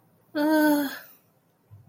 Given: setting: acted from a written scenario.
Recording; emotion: vocal sound without words; sympathy